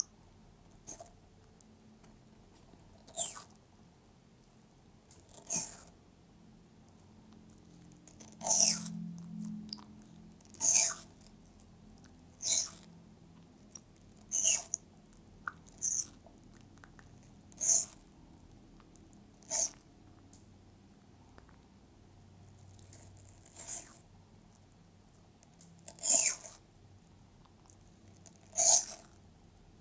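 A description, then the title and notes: A pet tortoise eats watermelon, each bite a short wet crunch. The bites are sharp, coming every two to three seconds, sometimes in quick pairs, with soft faint chewing and low murmur between them. PET TORTOISE EATING CORONAVIRUS WATERMELON.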